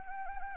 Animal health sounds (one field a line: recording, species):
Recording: mosquito wingbeat signal from an infrared sensor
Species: Anopheles arabiensis